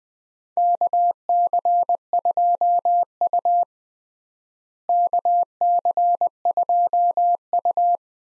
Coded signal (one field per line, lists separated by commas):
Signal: Morse code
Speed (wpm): 20 wpm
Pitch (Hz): 700 Hz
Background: none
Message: KC2U KC2U